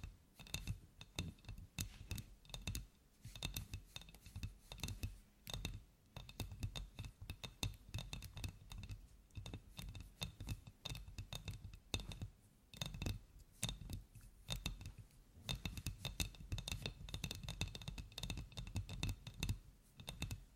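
Tapping runs for the whole stretch as dense, fast, irregular clicks, much like typing on a keyboard, coming in bursts with a few brief pauses around 3, 6 and 12 seconds. Each tap has a crisp bright edge over a soft low thud, and a faint steady high tone hangs beneath.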